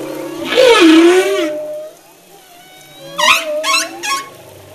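Humpback whale song: a loud, wavering, descending moan, a long soft tone, then three short bright upward squeals in quick succession.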